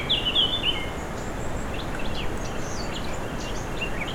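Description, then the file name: Birds: a bird gives one bright, warbling high phrase at the start, followed by scattered faint chirps against a steady breeze. Forest birds with a breeze. "foret oiseaux et brise"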